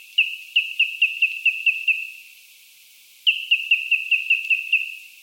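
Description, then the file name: Bird call in two quick series of about eight sharp, evenly spaced notes, split by a pause of over a second. Australian bird. "BIRD AUS BIRD 06 CALL 01"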